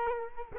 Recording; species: mosquito wingbeat signal from an infrared sensor; Culex quinquefasciatus